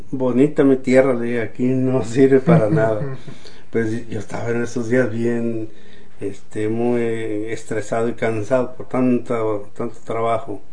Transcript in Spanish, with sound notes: Bonita mi tierra”, le dije, “aquí no sirve para nada”. (risas) Pues sí, yo estaba en esos días bien este, muy estresado y cansado por tanto trabajo.